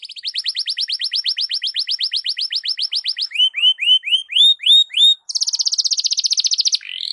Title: Canto Para Esquentar Canário Belga. SUARA BURUNG KENARI DI PAGI HARI COCOK BUAT MASTERAN